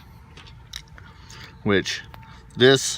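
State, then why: Seated. A plastic locking cap (terminal retainer) is pushed back into the A/C wiring connector housing of a Honda Civic after the pins are re-seated. Sharp snaps at 0.8 s and 1.0 s mark it seating, holding the tabs locked so the pins stay in place. Someone then talks briefly.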